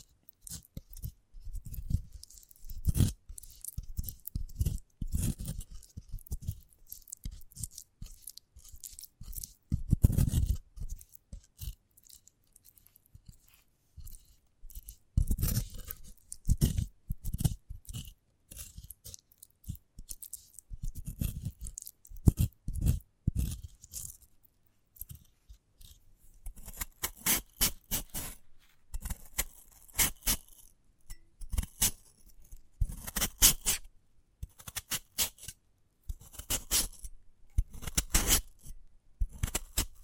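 Crisp crackles and scrapes come from a sprouted coconut, arriving in dense irregular bursts of sharp clicks. The first half has more low thuds mixed in; after about 27 seconds the sounds turn brighter and scratchier, packed into quicker runs.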